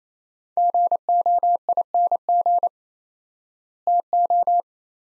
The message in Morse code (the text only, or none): GOING TO